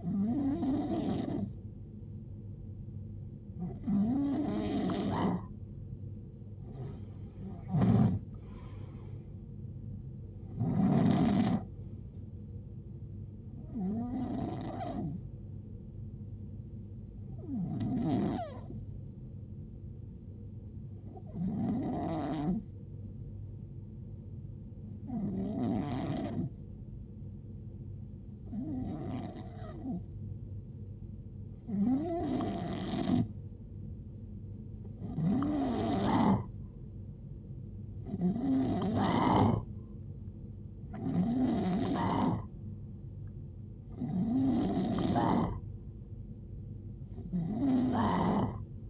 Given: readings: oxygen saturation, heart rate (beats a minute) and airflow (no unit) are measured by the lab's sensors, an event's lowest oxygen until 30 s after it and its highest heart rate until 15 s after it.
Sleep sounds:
breathing in sleep by a smartphone at the bedside; 1
20.00-35.80 s: hypopnea (N2, oxygen 91% highest, then 89% lowest, heart rate 60 at the start, 75 highest)
From the record:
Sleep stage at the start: N2 (light sleep); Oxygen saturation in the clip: 89 to 93%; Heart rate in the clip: 58 to 80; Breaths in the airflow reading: 14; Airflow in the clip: -17.6 to 14.4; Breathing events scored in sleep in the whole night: 389 in 6.3 hours asleep

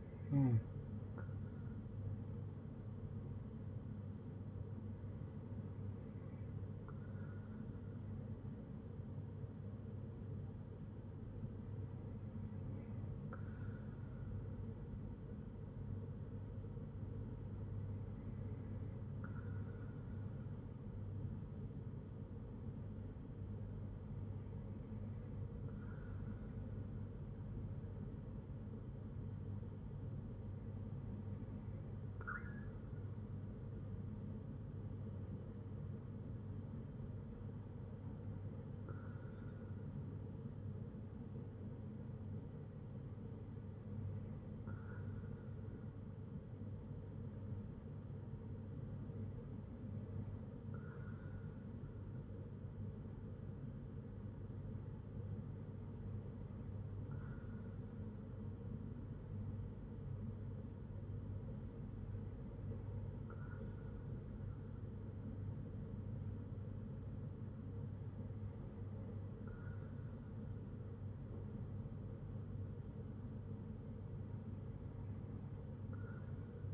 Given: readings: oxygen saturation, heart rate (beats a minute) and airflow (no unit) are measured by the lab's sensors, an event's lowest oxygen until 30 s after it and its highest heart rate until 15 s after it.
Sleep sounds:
breathing in sleep by a smartphone at the bedside; none
none scored
From the record:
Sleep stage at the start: N2 (light sleep); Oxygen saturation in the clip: 93 to 95%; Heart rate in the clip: 58 to 65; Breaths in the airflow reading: 12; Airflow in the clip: -4.8 to 4.4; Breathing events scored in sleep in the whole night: 182 in 7.4 hours asleep

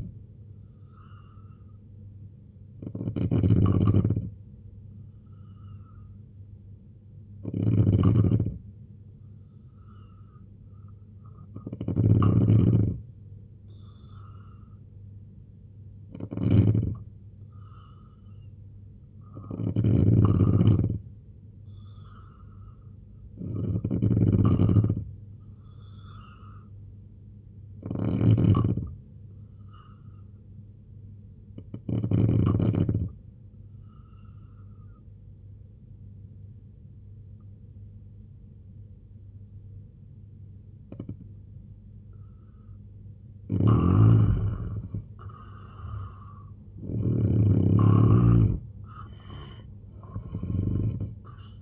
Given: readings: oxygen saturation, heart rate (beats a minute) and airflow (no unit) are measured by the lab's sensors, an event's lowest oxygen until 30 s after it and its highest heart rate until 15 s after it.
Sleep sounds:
breathing in sleep by a smartphone at the bedside; 1
32.00-47.40 s: hypopnea (N3, oxygen 89% highest, then 85% lowest, heart rate 72 at the start, 91 highest)
36.00-51.61 s: new sleep stage, N2 (light sleep)
From the record:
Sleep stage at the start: N3 (deep sleep); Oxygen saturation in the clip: 88 to 90%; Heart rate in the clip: 68 to 91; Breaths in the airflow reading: 11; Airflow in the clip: -9.1 to 9.5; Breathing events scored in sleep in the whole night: 258 in 7.4 hours asleep

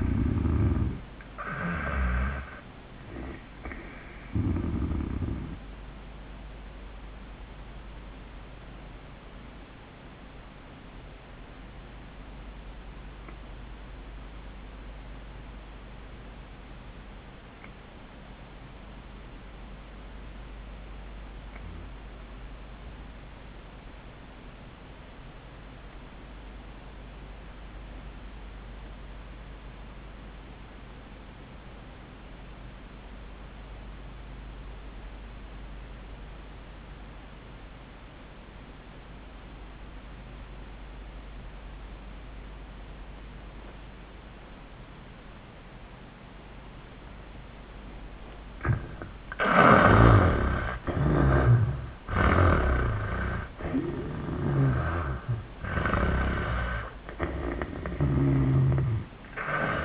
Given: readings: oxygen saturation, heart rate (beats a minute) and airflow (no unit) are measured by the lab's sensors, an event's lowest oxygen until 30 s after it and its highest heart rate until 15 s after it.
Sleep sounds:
breathing in sleep by a voice recorder at the bedside; 1
7.00-50.20 s: obstructive apnea (REM, oxygen 98% highest, then 68% lowest, heart rate 93 at the start, 97 highest)
From the record:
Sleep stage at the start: REM sleep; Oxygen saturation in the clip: 70 to 98%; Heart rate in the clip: 74 to 97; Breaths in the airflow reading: 5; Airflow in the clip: -16.4 to 9.9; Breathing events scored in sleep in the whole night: 400 in 8.7 hours asleep

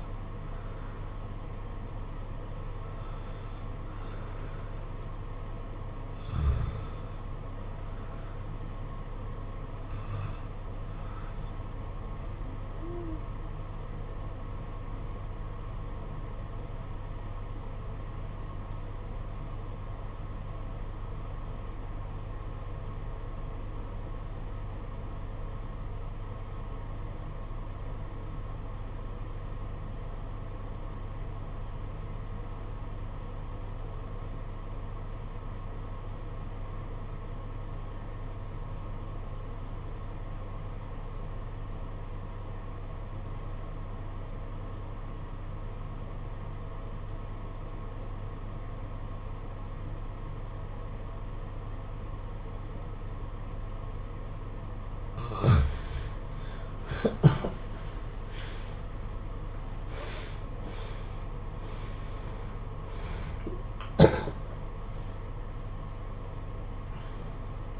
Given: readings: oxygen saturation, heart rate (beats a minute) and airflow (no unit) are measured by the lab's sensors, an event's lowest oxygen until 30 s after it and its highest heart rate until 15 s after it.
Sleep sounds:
breathing in sleep by a smartphone at the bedside; 1
17.00-55.80 s: obstructive apnea (N1, oxygen 96% highest, then 75% lowest, heart rate 51 at the start, 92 highest)
28.00-67.80 s: new sleep stage, REM sleep
From the record:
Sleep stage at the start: N1 (lightest sleep); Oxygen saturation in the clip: 79 to 96%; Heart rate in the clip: 46 to 92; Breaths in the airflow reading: 8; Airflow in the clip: -14.9 to 14.1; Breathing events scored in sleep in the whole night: 476 in 9.7 hours asleep

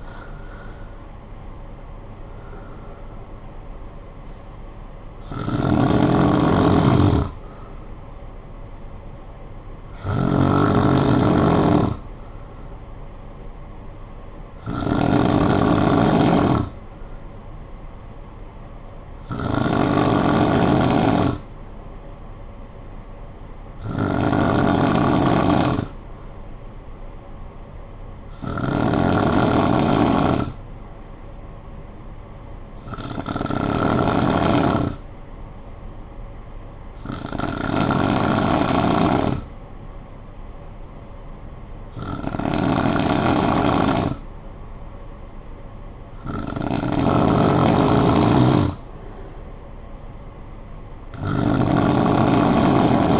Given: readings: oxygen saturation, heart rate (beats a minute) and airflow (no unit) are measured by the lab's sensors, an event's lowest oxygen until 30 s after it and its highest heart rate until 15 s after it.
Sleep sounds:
breathing in sleep by a smartphone at the bedside; 1
28.00-45.10 s: hypopnea (N2, oxygen 96% highest, then 91% lowest, heart rate 58 at the start, 61 highest)
From the record:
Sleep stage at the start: N2 (light sleep); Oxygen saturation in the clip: 92 to 96%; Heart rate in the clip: 54 to 67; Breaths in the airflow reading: 11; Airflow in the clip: -9.6 to 6.3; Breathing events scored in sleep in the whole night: 445 in 7.6 hours asleep

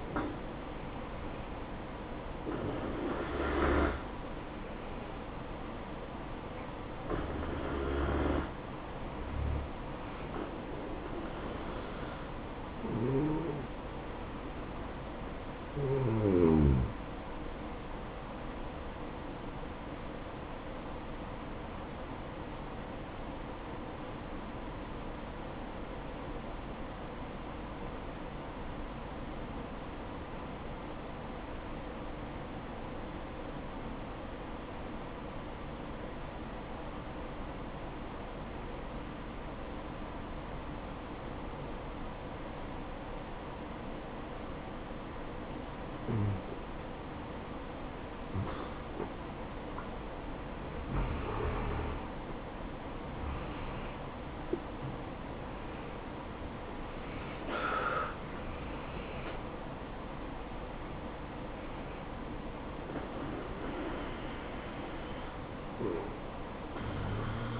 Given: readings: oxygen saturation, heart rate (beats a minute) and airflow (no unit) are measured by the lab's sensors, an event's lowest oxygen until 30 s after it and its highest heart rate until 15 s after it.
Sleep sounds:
breathing in sleep by a voice recorder at the bedside; 1
21.00-52.10 s: obstructive apnea (N1, oxygen 96% highest, then 84% lowest, heart rate 62 at the start, 76 highest)
From the record:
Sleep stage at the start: N1 (lightest sleep); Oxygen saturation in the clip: 83 to 96%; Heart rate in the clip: 55 to 76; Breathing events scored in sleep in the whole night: 573 in 9.8 hours asleep

